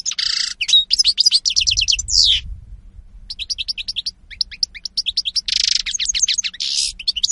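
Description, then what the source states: European goldfinch song: fast, tinkling twitters and buzzy trills, high and liquid, in two bursts separated by a short pause. Spanish goldfinch lure call (reclamo).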